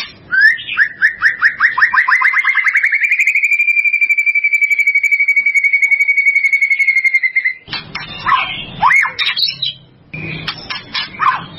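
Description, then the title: White-rumped shama song: a rapid series of rising notes merges into a long, steady pulsed whistle, followed by a few harsh, varied sounds. "murai batu"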